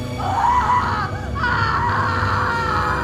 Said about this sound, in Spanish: Uno de los policías fue el primero en verlo y profirió un grito que debió de alarmar a la vecindad una vez más en aquella noche de espanto.